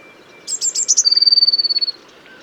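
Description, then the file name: Eurasian blue tit: a few high scratchy notes followed by a fast, even, high trill held for about a second. "Cyanistes caeruleus"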